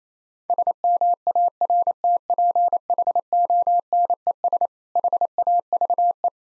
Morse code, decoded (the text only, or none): SMARTPHONES HAVE